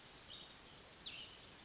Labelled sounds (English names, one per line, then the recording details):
Cassin's Vireo
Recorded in Sonoma County, California